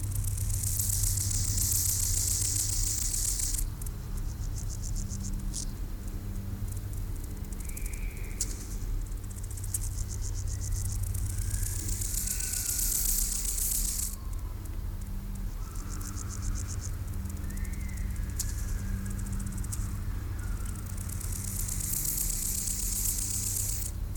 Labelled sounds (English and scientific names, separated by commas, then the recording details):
Rufous Grasshopper (Gomphocerippus rufus) stridulation
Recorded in the wild
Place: Gößweinstein, Fränkische Schweiz, Bayern, DE
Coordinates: 49.72, 11.07
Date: 1995-09-11 10:59
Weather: sonnig, 19°C
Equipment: Marantz CP 430, Sennheiser ME 80, Kopie Uher 4000 Report Monitor
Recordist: Tembrock, Günter